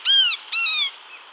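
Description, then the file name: Bird call: two ringing, arched notes with strong overtones, the second a little longer and flatter, followed by a faint trailing note. "SABIOD 50 bird 2015"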